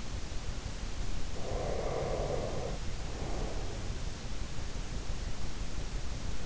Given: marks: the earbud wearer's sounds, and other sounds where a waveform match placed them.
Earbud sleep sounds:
sounds in sleep by an in-ear microphone; breath
1.31-3.96 s: breath

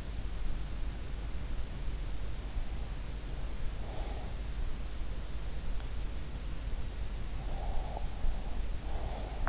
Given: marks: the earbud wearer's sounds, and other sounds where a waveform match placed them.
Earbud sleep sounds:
sounds in sleep by an in-ear microphone; breath
3.82-4.41 s: breath
7.47-9.49 s: breath

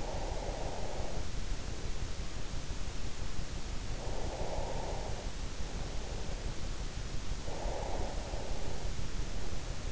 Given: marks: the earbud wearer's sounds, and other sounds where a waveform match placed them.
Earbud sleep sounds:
sounds in sleep by an in-ear microphone; breath
0.00-1.64 s: breath
3.96-6.62 s: breath
7.57-8.98 s: breath

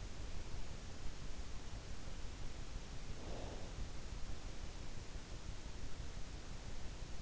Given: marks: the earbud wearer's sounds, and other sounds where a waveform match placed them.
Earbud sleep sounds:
sounds in sleep by an in-ear microphone; breath
3.09-4.14 s: breath

